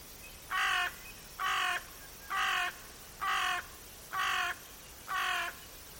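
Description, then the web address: Bird harsh cawing: six loud, hoarse calls evenly spaced at a bit under one-second intervals, over a steady background hiss. "cianscape. Deverinetal 2025. Bird Only"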